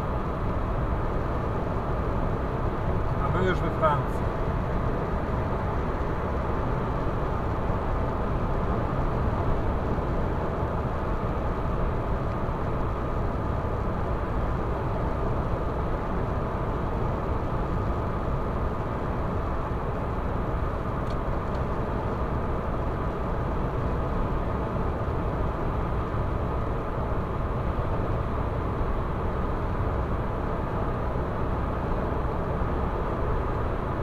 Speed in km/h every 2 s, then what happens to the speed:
116, 116, 116, 116, 116, 116, 116, 116, 116, 116, 116, 116, 115, 115, 115, 116, 115.
0-34 steady at about 116.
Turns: none.